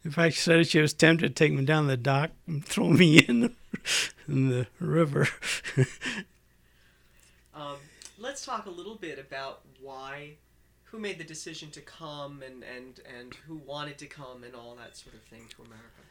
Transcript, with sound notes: In fact, she said she was tempted to take me down to the dock and throw me in the river. ( he laughs )
Let's talk a little bit about why, who made the decision to come, and who wanted to come, and all that sort of thing, to America.